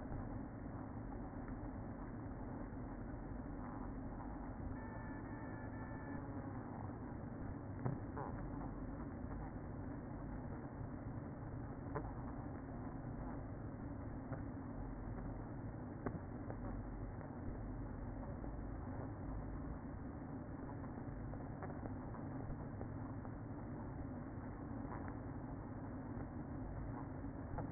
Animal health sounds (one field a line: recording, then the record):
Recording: honeybee colony, microphone inside the hive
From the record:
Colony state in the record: queen present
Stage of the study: after two queens were removed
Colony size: about 60,000 bees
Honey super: yes